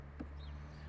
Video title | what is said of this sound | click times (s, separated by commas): Zontes 310M Scooter - Review | which come out with a nice satisfying click | 0.2 s